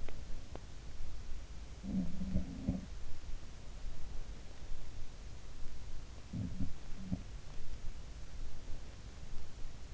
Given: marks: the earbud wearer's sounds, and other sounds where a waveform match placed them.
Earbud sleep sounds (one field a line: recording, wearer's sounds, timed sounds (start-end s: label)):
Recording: sounds in sleep by an in-ear microphone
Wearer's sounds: teeth grinding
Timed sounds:
0.00-0.68 s: teeth grinding
1.71-3.00 s: sound from someone else or the room
6.36-7.53 s: sound from someone else or the room